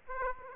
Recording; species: mosquito wingbeat signal from an infrared sensor; Aedes aegypti